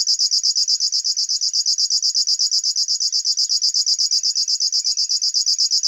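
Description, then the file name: River warbler singing a continuous mechanical buzz of fast, evenly spaced high pulses, unbroken throughout. "Schlagschwirl - Locustella fluviatilis"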